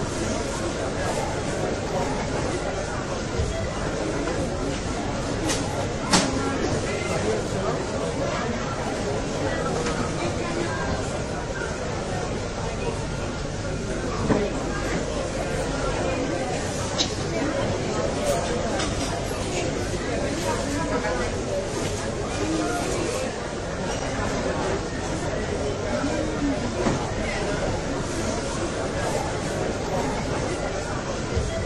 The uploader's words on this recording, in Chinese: 白噪音丨1小时助眠咖啡厅。